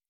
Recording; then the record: hydrophone in a shrimp aquaculture tank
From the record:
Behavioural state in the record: normal